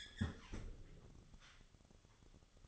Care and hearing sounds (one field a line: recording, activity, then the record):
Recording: daily activity, microphone in the room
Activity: close fridge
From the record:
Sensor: 4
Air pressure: 1008.6 hPa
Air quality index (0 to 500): 74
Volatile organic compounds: 1 ppm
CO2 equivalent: 630 ppm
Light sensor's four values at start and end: 15/33/14/14 and 16/37/15/16